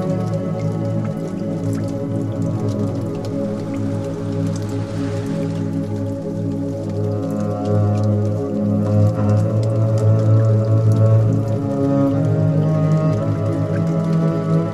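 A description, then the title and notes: Rain in a rainforest, heard as a steady bed of layered low droning tones with scattered drips and taps throughout. A soft hissing swell rises around five seconds, and the overall level stays even across the clip. Rainforest Rain Sounds.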